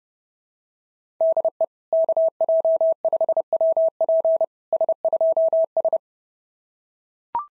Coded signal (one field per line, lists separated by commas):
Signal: Morse code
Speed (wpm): 31 wpm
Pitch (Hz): 650 Hz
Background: none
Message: DE KJ5WP S2S